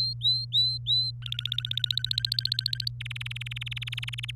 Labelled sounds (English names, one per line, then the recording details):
Domestic Canary song
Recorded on 26 April 2018 at 18:19
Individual llb3